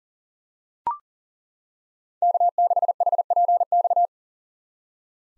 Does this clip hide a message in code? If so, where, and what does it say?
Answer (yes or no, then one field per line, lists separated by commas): yes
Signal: Morse code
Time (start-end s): 2.2-4.1 s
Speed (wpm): 40 wpm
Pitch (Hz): 700 Hz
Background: none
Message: K6HPX